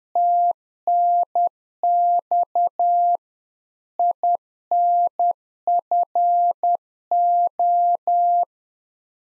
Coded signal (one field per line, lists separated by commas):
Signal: Morse code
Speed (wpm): 10 wpm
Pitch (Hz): 700 Hz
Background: none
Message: TNX INFO